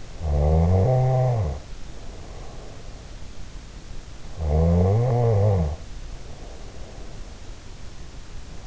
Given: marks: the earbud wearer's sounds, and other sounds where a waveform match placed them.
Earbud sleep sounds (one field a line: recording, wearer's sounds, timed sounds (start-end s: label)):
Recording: sounds in sleep by an in-ear microphone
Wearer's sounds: snoring breath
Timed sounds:
0.00-2.91 s: snoring breath
4.46-7.47 s: snoring breath